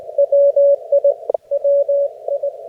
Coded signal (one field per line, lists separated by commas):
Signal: Morse code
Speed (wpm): 19 wpm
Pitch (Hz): 560 Hz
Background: radio noise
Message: WI WI